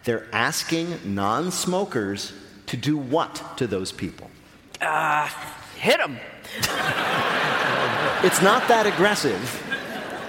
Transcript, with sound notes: They're asking non-smokers to do what to those people?
Hit them.
(LAUGHTER)
It's not that aggressive.